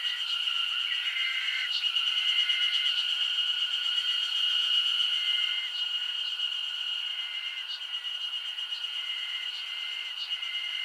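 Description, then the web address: Massed insects singing a constant piercing hum, with intermittent lower buzzy phrases coming and going and occasional sharp high ticks. Insect chorus recorded as a summer ambience in Japan. "Foundation 1 AMBIENCE JAPANESE SUMMER INSECTS"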